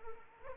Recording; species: mosquito wingbeat signal from an infrared sensor; Anopheles arabiensis